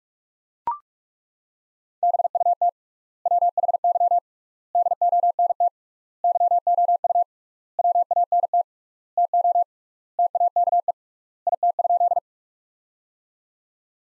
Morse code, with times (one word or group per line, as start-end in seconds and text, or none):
2.0-2.7 BUT
3.3-4.2 WHY
4.8-5.7 DONT
6.2-7.2 YOU
7.8-8.6 WANT
9.2-9.6 TO
10.2-10.9 TAKE
11.5-12.2 IT?